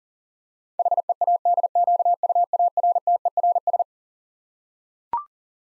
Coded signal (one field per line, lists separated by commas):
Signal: Morse code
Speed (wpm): 40 wpm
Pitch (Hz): 700 Hz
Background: none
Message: HEADQUARTERS